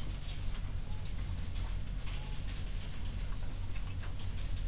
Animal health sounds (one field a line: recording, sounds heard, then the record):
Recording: poultry house recording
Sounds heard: healthy chickens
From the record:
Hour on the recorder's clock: 21